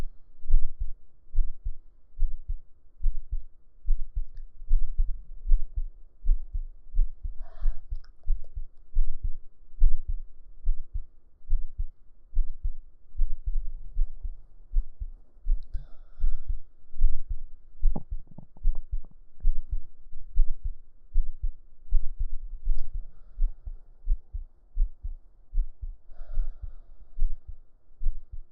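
Steady, muffled low thumps of a heartbeat sound through an adult's chest at about 74 beats a minute, heard with an ear laid on the chest under the shirt. Brief rustles of clothing and faint movement noises come through now and then.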